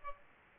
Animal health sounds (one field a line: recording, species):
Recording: mosquito wingbeat signal from an infrared sensor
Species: Aedes aegypti